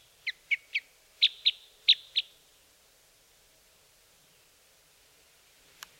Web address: Crossbills Red